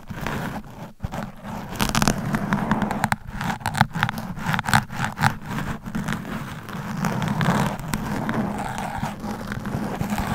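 Long nails scratch and scrape across a microphone in a dense, continuous rasp, with a low rumbling hum underneath. Sharp vertical bursts of crackle come irregularly, clustered in the first six seconds, then the scratching settles into a steadier, softer texture.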